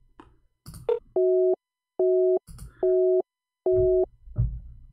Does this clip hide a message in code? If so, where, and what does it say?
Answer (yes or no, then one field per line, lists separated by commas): no